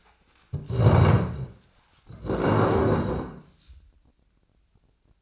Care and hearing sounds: daily activity, microphone in the room; stand up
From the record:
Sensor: 2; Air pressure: 1012.2 hPa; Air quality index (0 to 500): 158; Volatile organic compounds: 2 ppm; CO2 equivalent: 1154 ppm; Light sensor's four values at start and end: 42/106/46/52 and 36/93/39/45

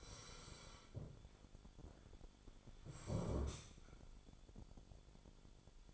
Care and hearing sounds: daily activity, microphone in the room; sit down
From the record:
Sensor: 5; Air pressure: 1015.3 hPa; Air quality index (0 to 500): 178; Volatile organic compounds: 6 ppm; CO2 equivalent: 1932 ppm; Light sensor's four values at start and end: 37/84/34/33 and 37/84/34/33

